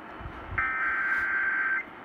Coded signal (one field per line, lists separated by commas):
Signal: Emergency Alert System (SAME) tones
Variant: header bursts